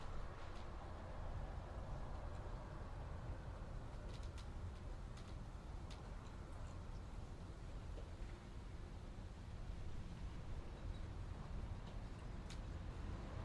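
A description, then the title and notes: Wind roars steadily and heavily, a dense low rumble that stays even in strength throughout with no real gusting peaks. Brief faint clicks and ticks sound now and then, near four, six and twelve seconds, over the constant blustering. The dynamic and majestic sound of winds as they sweep across open fields, mountains, and forests.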